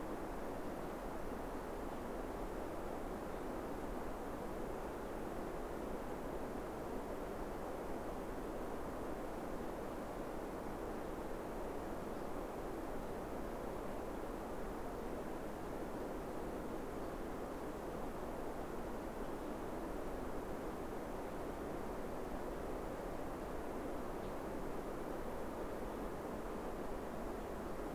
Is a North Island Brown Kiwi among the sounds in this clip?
no